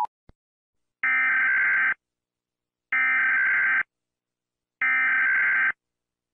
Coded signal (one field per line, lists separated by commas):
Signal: Emergency Alert System (SAME) tones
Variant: header bursts